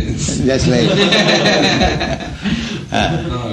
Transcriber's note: laughter